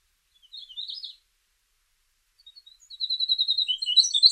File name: winterwren